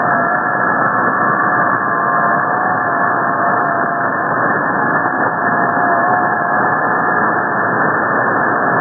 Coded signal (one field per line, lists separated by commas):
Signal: FT8